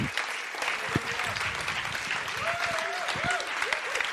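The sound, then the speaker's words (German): Sustained audience applause at a church conference welcoming a guest speaker, a dense, steady crackle of many hands clapping for several seconds, with a few faint voices and calls rising briefly above it. “Geben wir nochmal einen kräftigen Applaus.”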